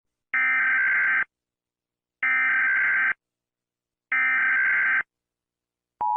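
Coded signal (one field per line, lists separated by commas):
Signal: Emergency Alert System (SAME) tones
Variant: header bursts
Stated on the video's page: Fictional EAS scenario; simulated alert tones.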